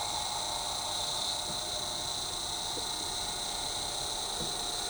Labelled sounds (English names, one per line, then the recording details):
none
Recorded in shrubland near Pivijay, Magdalena, Colombia, on 13 April 2023 at 09:30
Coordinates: 10.453, -74.365
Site P5-G022